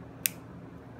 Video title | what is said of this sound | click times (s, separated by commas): REVConnect Tip Clip - Removing Jack | in fact you're going to pull the latch away from the cable until you hear a click and then | 0.3 s